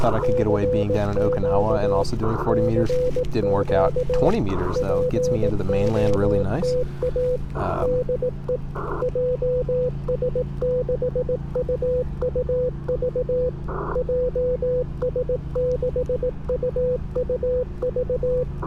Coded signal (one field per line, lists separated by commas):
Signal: Morse code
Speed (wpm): 18 wpm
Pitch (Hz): 500 Hz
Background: speech, radio noise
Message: CQ CQ POTA DE JS6UUV JS6UUV